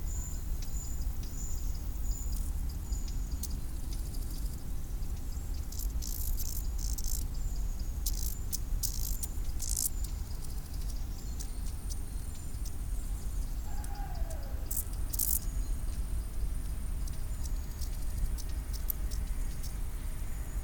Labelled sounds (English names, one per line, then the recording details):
Lesser Marsh Grasshopper stridulation
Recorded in the wild
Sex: pair
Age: imago
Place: Hakenfelde, Spandauer Forst, Berlin, DE
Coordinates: 52.58, 13.17
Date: 1996-08-18 17:03
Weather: sonnig, 24°C
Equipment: Sony MD-WM MZ-R3, Sennheiser ME 80, Kopie Uher 4000 Report Monitor
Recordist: Tembrock, Günter
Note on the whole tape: C.a.(?): Männchen am Weibchen, zweites Männchen in der Nähe, Kurzlaute (Rivalenlaute?), dann einzelnes Männchen Spontanlaute